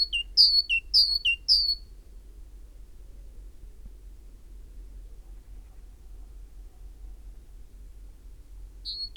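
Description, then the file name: Great tit song: three quick high-low whistled phrases, then a long quiet stretch, with one more note at the very end. "Parus major"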